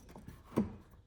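A plastic rear light housing, likely a Lasfit LED license plate light, is being fitted into the rear bumper or trunk panel of a 2025 Hyundai Elantra N, with its clips inserted first before the housing is pressed in. Faint handling rustles lead to a single dull, low-pitched knock at about 0.6 s that quickly fades. Nothing has seated or clicked yet.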